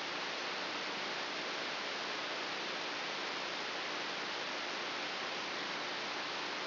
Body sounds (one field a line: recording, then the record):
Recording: brain microelectrode recording played as sound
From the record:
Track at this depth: inside the subthalamic nucleus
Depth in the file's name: 4.001 mm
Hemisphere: right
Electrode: 3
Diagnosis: Parkinson's disease